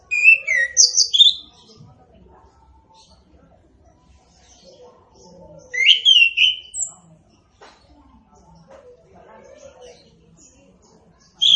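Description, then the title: Orange-headed thrush song: short bursts of clear, warbled whistles jumping between high and mid pitch, in phrases several seconds apart. Singing described as gacor and ngeplong; also called punglor kembang. "Anis Kembang Gacor. Anis Kembang Punglor Kembang Ngeplong"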